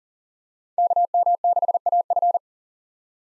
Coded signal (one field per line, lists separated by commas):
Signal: Morse code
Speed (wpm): 37 wpm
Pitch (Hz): 700 Hz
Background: none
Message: KM6AF